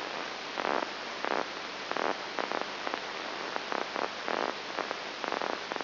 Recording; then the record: brain microelectrode recording played as sound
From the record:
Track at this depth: inside the subthalamic nucleus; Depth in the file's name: 1.904 mm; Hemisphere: left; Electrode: 3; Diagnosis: Parkinson's disease